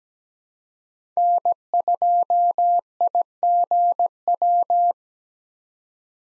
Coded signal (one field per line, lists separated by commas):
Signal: Morse code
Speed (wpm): 17 wpm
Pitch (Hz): 700 Hz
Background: none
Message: N2IGW